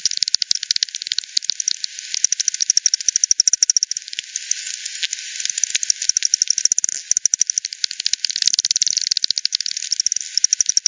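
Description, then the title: Bats echolocating: rapid dry clicking from more than one animal, overlapping into a near-continuous rattle, with stronger regular runs of pulses at intervals. Multiple bats at Hogsmill River, Hogsmill Lane, 7 October 2020, 18:10 UTC; recorded via frequency division by ten, bandpass filtered, resampled. "bat 20201007 T 18 : 10 Z-Hogsmill-Lane-Hogsmill-River-multiple-bats"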